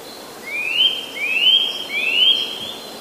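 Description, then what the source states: Eurasian nuthatch calls: three clear, rising whistles in quick succession over a steady background hiss. Calls recorded in March.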